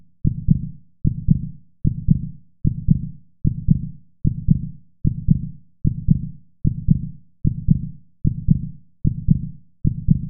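Steady, regular low thumps in paired beats, about 75 a minute, with a quiet background. A plain adult heartbeat with an even rhythm.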